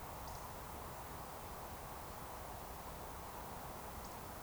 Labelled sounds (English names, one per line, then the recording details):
Eurasian Woodcock whistle
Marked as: whistle, whistle
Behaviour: display flight
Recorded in Baden-Württemberg, Germany, on 14 June 2020 at 20:15 UTC
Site 43791, 788 m above sea level